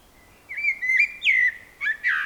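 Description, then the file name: Common blackbird song phrase, low mellow fluted whistles sliding and wavering, followed by a brief squeaky, scratchy flourish at the end. "Turdus merula"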